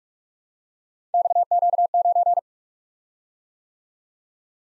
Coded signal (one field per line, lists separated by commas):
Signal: Morse code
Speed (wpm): 47 wpm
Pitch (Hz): 700 Hz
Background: none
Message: XQ9